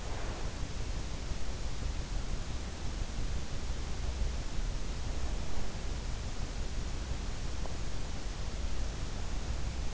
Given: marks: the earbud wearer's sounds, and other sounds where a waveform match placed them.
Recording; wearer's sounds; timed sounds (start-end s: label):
sounds in sleep by an in-ear microphone; breath
0.00-0.45 s: breath